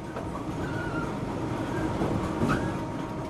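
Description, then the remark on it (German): A steady, heavy mechanical rumble with thin, high squeals drifting over it, one squeal rising briefly near the end, as squeaking bucket wheels dredge through lignite in the giant, automated coal bunker of the Jenschwalde power plant, feeding a conveyor belt to the coal mill. “Quietschend baggern sich Schaufelräder durch den gigantischen Kohlebunker.”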